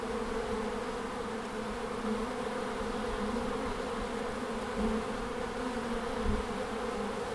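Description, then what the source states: A soft, steady bee drone with layered hums, a few gentle pitch wobbles and little other sound. Bees at the end of March in Langel, Cologne, Germany.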